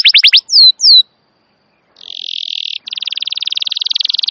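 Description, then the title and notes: Atlantic canary song: a few sharp downward whistles, a silent gap, then rapid buzzing trills that continue to the end. Long, vigorous (gacor) canary song used to lure canaries and as a master recording to train wild canaries. "Pikat Kenari GACOR PANJANG INI Cocok Untuk Masteran KENARI LIAR. Masteran burung kenari gacor parah"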